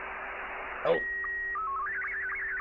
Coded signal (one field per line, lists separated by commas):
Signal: SSTV (slow-scan television)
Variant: Scottie 2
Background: speech